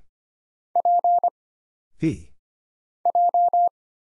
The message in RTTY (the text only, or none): none